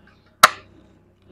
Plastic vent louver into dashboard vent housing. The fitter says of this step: Pag tumunog yun po naglock na po siya okay